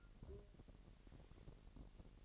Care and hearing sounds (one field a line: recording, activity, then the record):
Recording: daily activity, microphone in the room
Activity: take from stove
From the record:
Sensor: 4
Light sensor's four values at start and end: 31/74/30/30 and 30/71/29/29